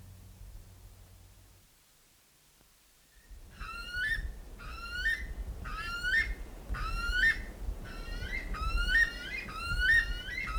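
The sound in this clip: Buff weka calling: a series of rising whistled notes, about one a second, after a quiet start of about three seconds, over low rumbling background noise.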